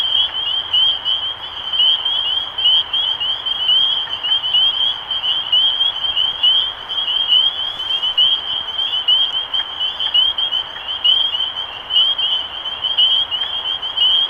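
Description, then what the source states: Dense spring peeper chorus, high clear peeps rising sharply and overlapping without pause, forming an unbroken shrill wall of sound. Recorded 23 March 2012.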